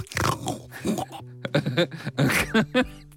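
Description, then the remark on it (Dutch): A person imitates a pig with a rapid series of nasal, snorting oinks and grunts in irregular bursts, some rising in pitch, fairly loud and with no other talk. “Een varken.”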